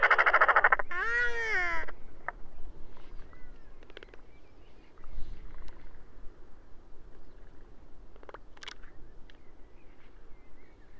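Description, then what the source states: Royal albatross gives a loud rattling bray and an arched moaning wail in the first two seconds, then only faint clicks and calls follow. Several birds singing together.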